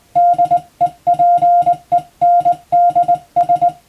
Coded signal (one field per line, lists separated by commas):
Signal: Morse code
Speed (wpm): 21 wpm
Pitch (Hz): 700 Hz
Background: music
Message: DEPENDS